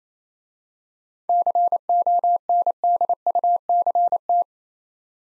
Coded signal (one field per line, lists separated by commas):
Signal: Morse code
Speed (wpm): 27 wpm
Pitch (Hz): 700 Hz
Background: none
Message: CONDUCT